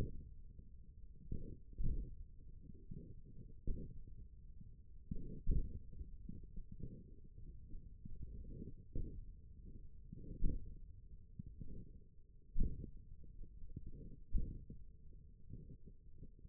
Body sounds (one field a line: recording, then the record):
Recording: forearm muscle sounds (acoustic myography)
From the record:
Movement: index flexion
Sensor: system 1, eight BSWA MPA416 microphones around the upper forearm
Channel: 7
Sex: male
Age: 28 years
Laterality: right